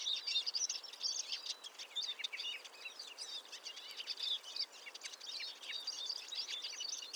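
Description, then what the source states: Eurasian Siskins chattering as a flock, dense high twittering with many overlapping chirps throughout. Barely audible babble of a flock; morning, February 2020; Montagne du Puy, Drôme, 1500 m altitude; mixed conifer and oak forest; Nagra Seven and Telinga Pro7 stereo.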